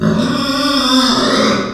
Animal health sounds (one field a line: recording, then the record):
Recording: squeal of a Yucatan mini pig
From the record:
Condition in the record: after surgery on the right vocal fold (resection and tissue-engineered implant)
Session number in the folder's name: 14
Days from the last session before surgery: 133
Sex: female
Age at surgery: 19 weeks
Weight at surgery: 25 kg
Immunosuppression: prednisolone